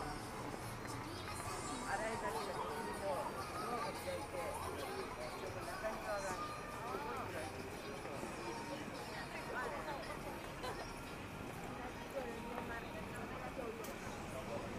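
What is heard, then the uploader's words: Daytime street in Akihabara, filled with a steady mix of overlapping voices and chatter that never drops out. Speech rises and falls throughout, with a constant low rumble of traffic and crowd noise underneath and a faint steady tone in the upper range. Akihabara,daytime.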